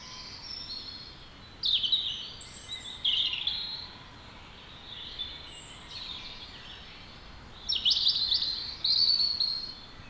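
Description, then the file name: European robin singing several separate high phrases of thin whistles and quick twittering trills, with short pauses between them. "Erithacus rubecula"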